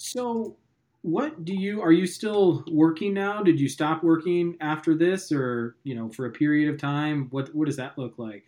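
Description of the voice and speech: Fluent conversational speech from one adult, asking a run of questions with clear, steady voicing, a mid pitch and natural phrasing with brief pauses, in a small quiet room. It is a typical voice with no sign of a voice disorder.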